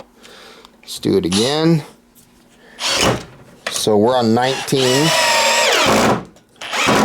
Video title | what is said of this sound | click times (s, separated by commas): POPOMAN - TECCPO 1/2" BRUSHLESS CORDLESS DRILL KIT | it does not clutch out on 19 so it looks like 18 on the clutch | none